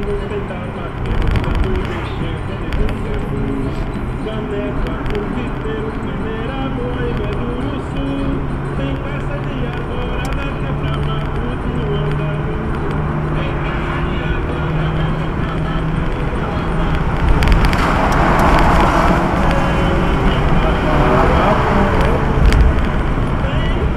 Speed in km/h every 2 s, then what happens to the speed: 79, 78, 81, 84, 88, 92, 95, 100, 103, 105, 107, 107.
3-16 speeds up to 103. 16-24 steady at about 105.